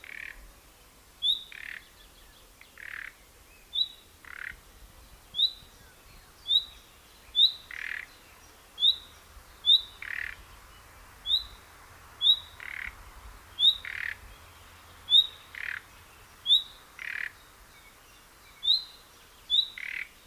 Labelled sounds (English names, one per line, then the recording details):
Common Nightingale alarm call
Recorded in the wild
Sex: male
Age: adult
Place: Schönow, Naturpark Barnim, Brandenburg, DE
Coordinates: 52.6781, 13.5097
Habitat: reed
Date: 2005-06-05
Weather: cloudy, 10°C
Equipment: Marantz PMD 660, Sennheiser MKH 70
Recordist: Frommolt, Karl-Heinz